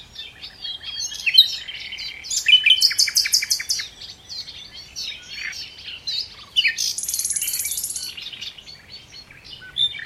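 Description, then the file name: Common nightingale singing varied phrases: stuttering chips, rich rattling bursts, and a fast, dense, high buzzy trill lasting over a second near the end. "Luscinia megarhynchos"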